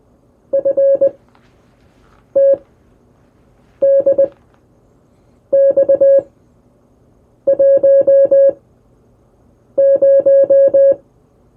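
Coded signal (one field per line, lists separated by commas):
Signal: Morse code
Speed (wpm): 20 wpm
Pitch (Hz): 550 Hz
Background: music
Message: FTDX10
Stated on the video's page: Morse illustrating a typical first CW QSO on the air.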